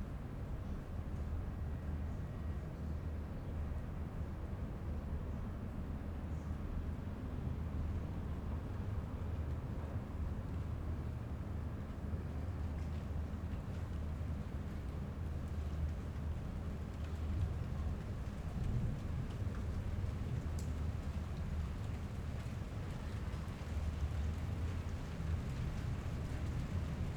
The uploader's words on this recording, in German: Blätterrauschen – Ahorn und Birke. Die Aufnahmen zur Sendung entstanden bei windigem, heiterem und regnerischem Wetter zu allen erdenklichen Tages- und Nachtzeiten in Wien Döbling, Ottakring, in Ebensee am Traunsee, zwischen Innichen und Toblach in Südtirol und beim Slap Savica in Slowenien.